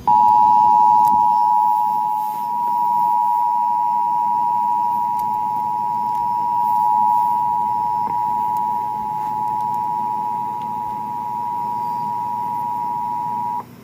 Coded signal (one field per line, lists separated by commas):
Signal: Emergency Alert System (SAME) tones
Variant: 853 and 960 Hz attention tone